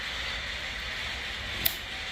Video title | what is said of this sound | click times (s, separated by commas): 4.7 Chrysler part 6 Final assembly #engine #dodge #educational #truck | there we heard it snap in | 1.7 s